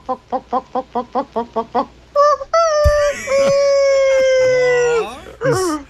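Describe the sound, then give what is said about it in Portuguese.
A person imitates a hen that has laid an egg: about nine quick, evenly spaced clucks, then a loud, drawn-out squawk that wavers and slides in pitch, followed by one short final squawk. “Botou um ovo.”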